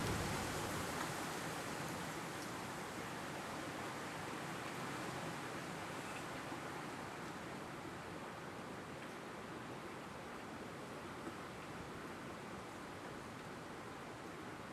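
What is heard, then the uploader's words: Wind moves steadily through a forest, a dense, even rush filling the lows through the highs without any gusts or breaks. The level holds nearly constant for the whole stretch, easing slightly after the first couple of seconds, with only a faint tick near eleven seconds. One Hour Of Wind In The Forest.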